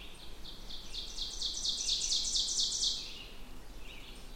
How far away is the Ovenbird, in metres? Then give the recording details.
about 40 m. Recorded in boreal forest in Alberta, Canada, on 16 June 2016 at 08:04. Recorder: SongMeter 3, array SBT-3-32. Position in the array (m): 144 m, 26 m. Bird 36